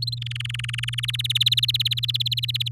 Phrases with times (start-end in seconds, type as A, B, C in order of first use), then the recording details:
0.02-0.18 A, 0.21-1.06 B, 1.08-2.68 C. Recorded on 6 May 2018 at 12:33. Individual llb16